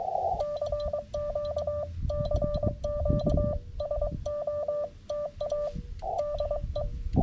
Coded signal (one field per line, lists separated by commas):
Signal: Morse code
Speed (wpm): 24 wpm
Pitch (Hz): 590 Hz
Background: none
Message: CQ CQ SOTA DE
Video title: CW SOTA at Mt. Utsayantha